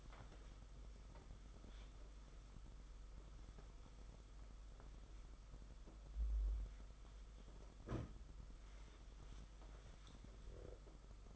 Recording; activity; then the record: daily activity, microphone in the room; wipe stove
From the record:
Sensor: 5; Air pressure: 991.6 hPa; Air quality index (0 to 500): 127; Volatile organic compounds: 60 ppm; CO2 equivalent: 3419 ppm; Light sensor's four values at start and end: 35/106/41/44 and 35/105/41/44